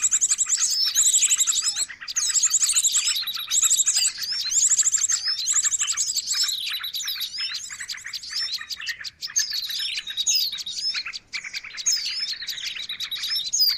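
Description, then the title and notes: Bird chorus of fast trilled phrases repeated about every second early on, giving way to dense staccato chirping and sweeping whistles. Noisy mix of bird calls used as a lure (pikat). "Burung Ribut Pikat"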